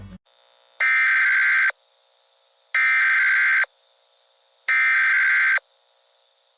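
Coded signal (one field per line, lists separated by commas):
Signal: Emergency Alert System (SAME) tones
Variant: header bursts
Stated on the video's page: Fictional EAS scenario.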